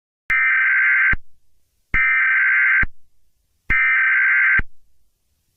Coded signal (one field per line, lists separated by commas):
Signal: Emergency Alert System (SAME) tones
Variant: header bursts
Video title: EAS scenario Geometry Dash unauthorized copy